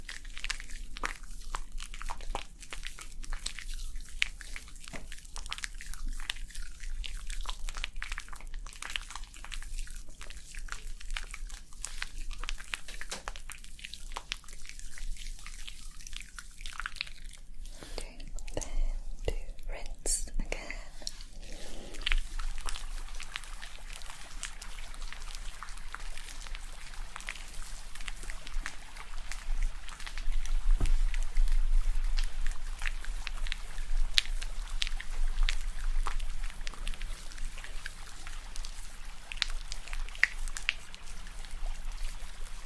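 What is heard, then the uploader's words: A scalp massage and hair wash: a dense stream of soft scratching, rubbing and wet crackles runs throughout. Around the twenty-second mark the texture shifts to brighter, fizzier strokes, with a low steady hum underneath. ASMR Cozy Scalp Treatment, Massage + Hair Wash for Sleep ~ personal attention roleplay.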